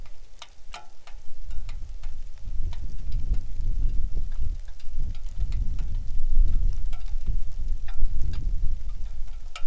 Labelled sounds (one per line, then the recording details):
wind
rain
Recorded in the Arctic National Wildlife Refuge, Alaska, on 3 August 2019 at 09:53
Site 41